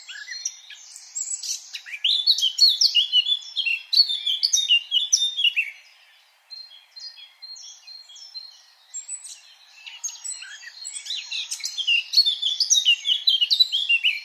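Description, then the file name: Eurasian blackcap song: bursts of fast, bright warbling separated by a quieter stretch of thin, high notes. "Sylvia atricapilla"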